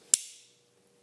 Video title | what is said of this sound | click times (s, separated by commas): Cold Steel Recon 1 Knife review | Basically, that means that as soon as that thing's out and you hear that click into place, | 0.1 s